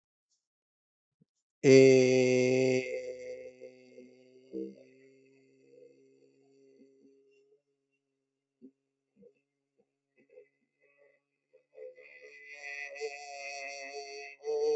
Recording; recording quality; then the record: sustained vowel as in made; excellent, no background noise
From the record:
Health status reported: healthy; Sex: male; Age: 32 years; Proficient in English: yes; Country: India